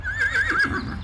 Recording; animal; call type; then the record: contact call of a hoofed animal; Przewalski's horse; whinny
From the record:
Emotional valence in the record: negative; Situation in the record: group separation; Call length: 1.03 s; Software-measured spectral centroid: 2560 Hz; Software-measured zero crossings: 2610 a second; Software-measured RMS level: -24 dBFS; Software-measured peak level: -16 dBFS